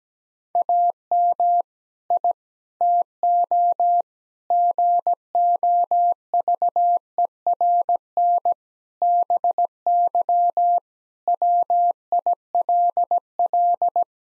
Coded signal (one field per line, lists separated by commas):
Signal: Morse code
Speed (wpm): 17 wpm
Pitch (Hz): 700 Hz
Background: none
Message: AM I TO GOVERN BY WILL